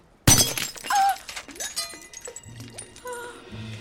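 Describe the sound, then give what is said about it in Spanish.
A fake glass ruby is smashed to show it is not real, shattering with a sudden loud crash, followed by a scatter of bright tinkling shards settling. Brief voices murmur afterward. “Los rubíes de verdad no se rompen.”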